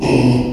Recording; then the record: squeal of a Yucatan mini pig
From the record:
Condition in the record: after surgery on the right vocal fold (resection and tissue-engineered implant); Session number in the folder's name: 2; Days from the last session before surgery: 13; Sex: male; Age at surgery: 12 weeks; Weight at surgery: 13 kg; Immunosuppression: cyclosporine, prednisolone